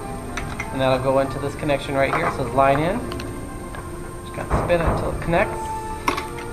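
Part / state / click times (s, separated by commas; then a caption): XLR cable plug into line-in jack of speaker/mixer / seated / 6.1 s. An XLR audio cable plug is pushed with a little twist into the line-in jack of a DJ mixer or speaker while someone talks and music plays underneath. A sharp click at 6.1 seconds marks the connector seating in place.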